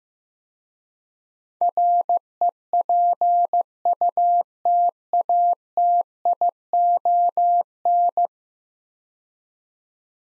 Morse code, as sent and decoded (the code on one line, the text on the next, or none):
.-. . .--. ..- - .- - .. --- -.
REPUTATION